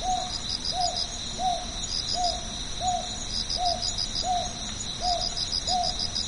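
Northern boobook sounding repeated hollow hoots at an even pace, about nine in a row, against a backdrop of pulsing cricket song.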